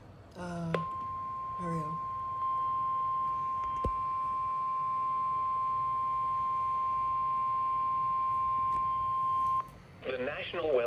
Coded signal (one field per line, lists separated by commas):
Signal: Emergency Alert System (SAME) tones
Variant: 1050 Hz attention tone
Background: speech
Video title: SPC Severe Thunderstorm Watch #542 On #KEC74 (EAS 91)